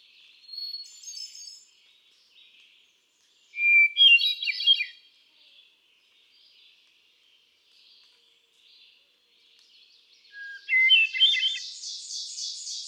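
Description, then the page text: Hermit thrush singing three separate fluty songs, each a clear whistled note and then a rippling flourish, spaced several seconds apart. A high buzzy sound joins near the end. Male bird cycling through a repertoire of about ten different songs; recorded 13 June 2006 at Quabbin Park, Ware, Massachusetts. "Birdsong for the Curious Naturalist. Hermit thrush. A truly gifted and inspiring songster. Can you hear how he cycles through his repertoire of about ten different songs? June 13, 2006. Quabbin Park, Ware, Massachusetts"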